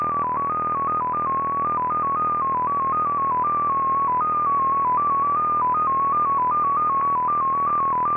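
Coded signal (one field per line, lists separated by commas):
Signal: multi-tone FSK (Olivia or MFSK type)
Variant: XPA2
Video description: XPA2 is a digital mode of the Russian 7 operator. It utilizes a custom 14-tone MFSK system.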